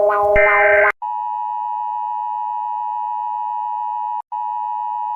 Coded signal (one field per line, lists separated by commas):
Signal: Emergency Alert System (SAME) tones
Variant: 853 and 960 Hz attention tone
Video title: WARNING!! Every Country's EAS Alarm but every time a word is repeated it loops..